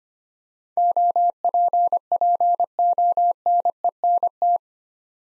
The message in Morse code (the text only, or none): OPPONENT